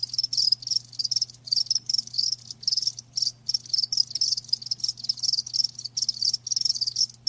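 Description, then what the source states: Cricket chirps, shrill pulsed trills coming in quick regular bursts with short silent gaps, accompanied by a steady low hum. Live crickets chirping; a lulling song.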